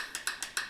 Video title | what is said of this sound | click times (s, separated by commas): NOUVELLE VIE POUR LE CHEVY : PART 2 | Là, on va essayer d'entendre le petit clic que ça fin c'est pour respecter le torque des boulons d'entendre le petit clic. | 0.6 s